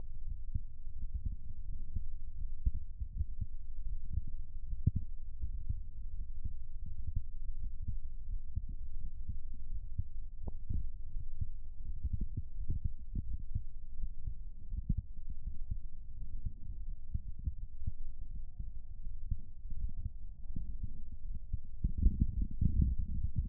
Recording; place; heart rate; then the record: heart sounds by stethoscope; pulmonary valve (PV); 87 bpm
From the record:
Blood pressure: 117/82 mmHg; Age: 40 years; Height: 173 cm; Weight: 95 kg